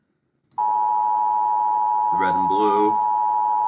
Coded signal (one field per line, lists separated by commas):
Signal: Emergency Alert System (SAME) tones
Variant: 853 and 960 Hz attention tone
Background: speech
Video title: EAS Creator Tierlisting (December Edition)